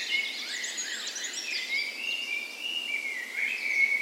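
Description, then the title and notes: Birds: dawn chorus with many overlapping songs, including sharp rising and falling notes and a long thin whistled note. Dawn chorus in a park west in Bergen, Norway, on the spring morning of 17 May, Norway's National Day; Sony PCM A10 recorder with LOM Usi microphones as tree ears. "17th Of May Dawn Chorus. Recorded on the morning of Norways National Day the 17th of May in a park west in Bergen. Spring is in full effect, and the dawn chorus sounds wonderful!"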